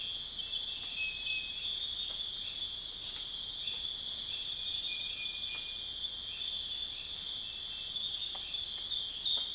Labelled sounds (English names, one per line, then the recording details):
none
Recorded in dense forest near Puerto Asís, Putumayo, Colombia, on 21 December 2024 at 02:00
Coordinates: 0.484, -76.325
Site G056